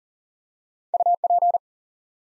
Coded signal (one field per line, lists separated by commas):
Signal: Morse code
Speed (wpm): 40 wpm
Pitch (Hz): 700 Hz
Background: none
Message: UP